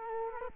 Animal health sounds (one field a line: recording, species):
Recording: mosquito wingbeat signal from an infrared sensor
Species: Culex quinquefasciatus